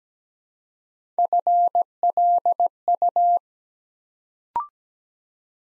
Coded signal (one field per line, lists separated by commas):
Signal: Morse code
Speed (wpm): 17 wpm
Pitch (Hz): 700 Hz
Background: none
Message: FLU